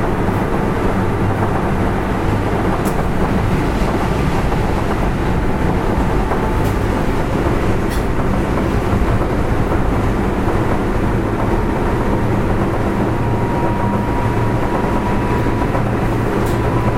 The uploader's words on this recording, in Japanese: 近畿日本鉄道７０００系電車の走行音です。大阪市営地下鉄中央線への直通列車で録音しました。区間は、生駒から谷町４丁目までです。